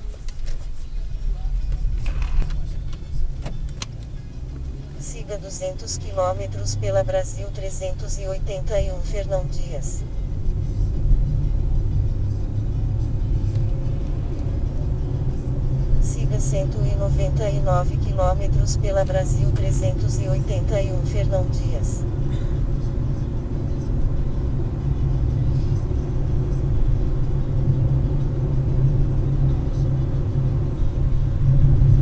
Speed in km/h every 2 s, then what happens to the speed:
14, 24, 38, 47, 54, 63, 72, 81, 88, 91, 95, 99, 103, 107, 111, 110.
0-28 speeds up to 111.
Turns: none.